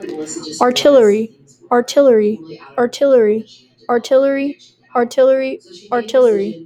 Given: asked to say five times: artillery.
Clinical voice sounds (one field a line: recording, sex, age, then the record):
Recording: repeated word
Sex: female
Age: 20 to 29 years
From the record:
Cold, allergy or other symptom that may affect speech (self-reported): no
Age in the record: 21 years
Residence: Connecticut, United States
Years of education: 15